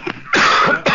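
A single loud, harsh cough from an adult, with the start of a second burst cut off at the end.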